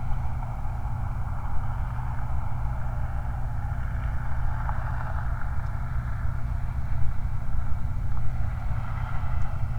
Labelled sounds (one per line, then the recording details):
vehicle
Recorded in the Prudhoe Bay oil fields, Alaska, on 29 July 2019
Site 29